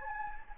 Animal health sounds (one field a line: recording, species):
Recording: mosquito wingbeat signal from an infrared sensor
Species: Anopheles gambiae